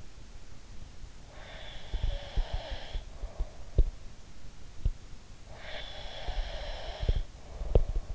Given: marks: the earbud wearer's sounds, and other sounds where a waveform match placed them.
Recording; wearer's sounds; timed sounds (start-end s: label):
sounds in sleep by an in-ear microphone; breath
1.29-3.67 s: breath
1.95-3.88 s: sound from someone else or the room
5.44-8.15 s: breath
6.23-8.15 s: sound from someone else or the room